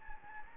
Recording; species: mosquito wingbeat signal from an infrared sensor; Anopheles gambiae